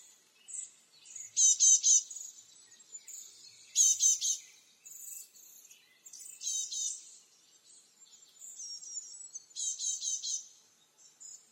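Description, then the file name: Great tit scolding calls: short rattling, buzzy chatters repeated several times throughout, mixed with thin high whistled notes. "Parus major"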